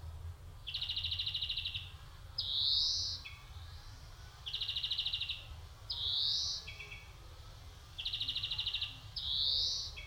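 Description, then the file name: European greenfinch song: rattling trills alternating with a long wheezy rising buzz, the pattern repeating about every three and a half seconds over steady low background noise. "Chloris chloris"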